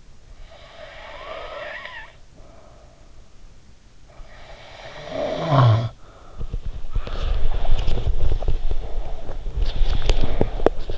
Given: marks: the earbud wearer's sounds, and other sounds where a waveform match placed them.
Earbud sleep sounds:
sounds in sleep by an in-ear microphone; snoring breath, body movement, breath
0.45-3.13 s: snoring breath
3.97-5.97 s: snoring breath
6.69-10.98 s: body movement
7.20-9.95 s: breath

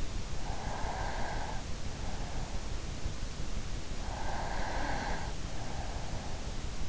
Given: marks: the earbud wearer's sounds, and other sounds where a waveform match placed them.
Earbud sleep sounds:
sounds in sleep by an in-ear microphone; breath
0.50-2.79 s: breath
3.93-6.62 s: breath

